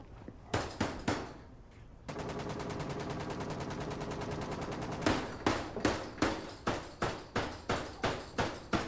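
A fist pounds an iron door bearing a shooting range sign in loud, evenly spaced thuds, breaks into a fast continuous rattle of rapid blows for a few seconds, then returns to steady repeated banging.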